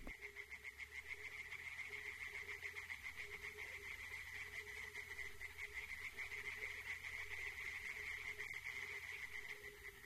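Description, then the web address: Tree frog chorus, a steady mass of fast, rattling croaks from many calling frogs, pulsing without pause throughout. Chorus of tree frogs in a forest. "Tajemnice puszczy Koncert rzekotek"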